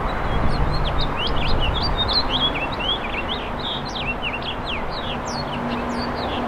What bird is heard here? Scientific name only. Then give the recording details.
Haemorhous mexicanus. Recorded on Long Island, New York, on 17 April 2012. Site GW. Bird A